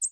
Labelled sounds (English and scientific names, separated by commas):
American Redstart (Setophaga ruticilla) flight call